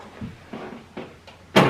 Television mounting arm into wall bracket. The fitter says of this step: Snap in place, 2.